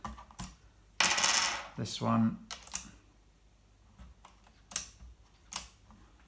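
A second rotary pellet magazine is pushed at the breech of an FX Wildcat .177 air rifle, and someone talks briefly. Short sharp metallic taps come at about 0.4, 2.8, 4.8 and 5.6 s as it is tried. The magazine will not go in because its centre piece is not lined up, so nothing has seated or clicked yet.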